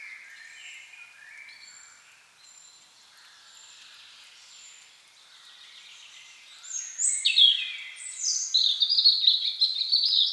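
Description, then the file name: European robin song starting soft, swelling into rapid, shimmering high trills and whistles over the last few seconds. "Erithacus rubecula"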